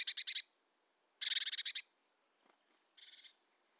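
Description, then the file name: Great tit giving rapid, harsh churring rattles in three bursts, the middle one longest, the last one softer. "Parus major"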